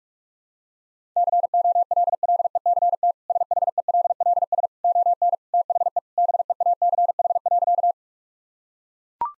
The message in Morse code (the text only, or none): COLLECT SHELLS ON THE BEACH.